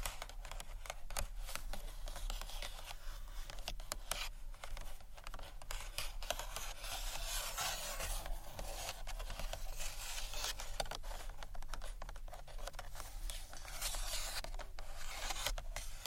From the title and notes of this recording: ASMR Gentle SCRATCHY TAPPING on BOOKS （No Talking）.